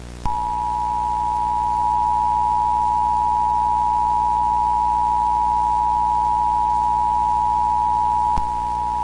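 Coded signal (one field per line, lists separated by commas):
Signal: Emergency Alert System (SAME) tones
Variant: 853 and 960 Hz attention tone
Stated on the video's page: Fictional mock Emergency Alert System alert set in Daytona Beach, Florida, though it uses valid SAME tones.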